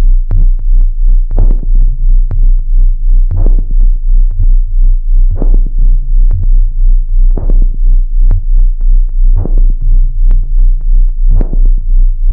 Cosmonaut heart beat.